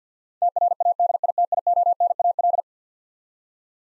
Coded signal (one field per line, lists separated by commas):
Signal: Morse code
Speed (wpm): 50 wpm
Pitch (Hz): 700 Hz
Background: none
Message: TRADITIONAL